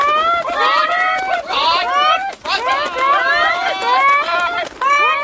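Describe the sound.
Several people imitate chickens at once as the "Kentucky Fraud Chickens" bit, a loud, overlapping chorus of drawn-out squawks and clucks with wavering, rising and falling pitch, continuing almost without pause and only briefly dipping twice.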